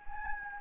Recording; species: mosquito wingbeat signal from an infrared sensor; Anopheles gambiae